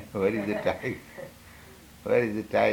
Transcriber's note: chuckles